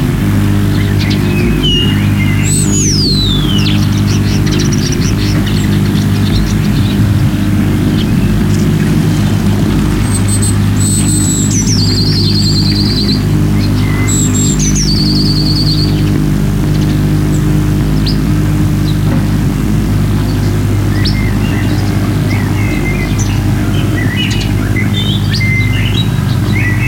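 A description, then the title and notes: Birds chirp and whistle over a countryside scene in rural Franconia, Germany, with bright descending calls around 2–3 seconds and sharp high whistles near 11 and 15 seconds. A steady low rumble, like passing traffic or machinery, persists underneath throughout. Made in spring this year in rural franconia, germany. Features a cacophony of birds and countryside sounds.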